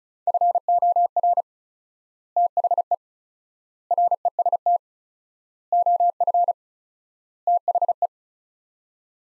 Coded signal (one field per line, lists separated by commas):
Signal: Morse code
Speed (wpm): 36 wpm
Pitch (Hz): 700 Hz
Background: none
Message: FOR THE REST OF THE